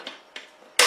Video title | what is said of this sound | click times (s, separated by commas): -Airsoft- Création d'une réplique de A à Z (HK416 Devgru )[fr] part2 | Donc là on va entendre un clac, le plus souvent ça c'est bon signe, on voit que | 0.8 s